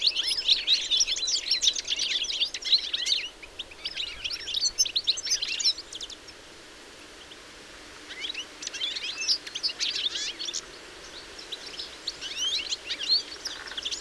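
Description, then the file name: European goldfinch twitter in bursts of fast, high liquid chirps and trills, broken by a quiet pause of about two seconds midway before the chatter resumes. "Carduelis carduelis"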